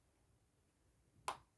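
A small metal pivot screw for a key on a wooden clarinet upper joint is turned backwards in its post until it drops into the start of its thread. After a quiet stretch, a single sharp, bright click sounds at 1.3 s as the screw catches the thread start, leaving it in place to be turned forward and seated.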